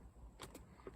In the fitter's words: Just kind of push that down and it snaps into place.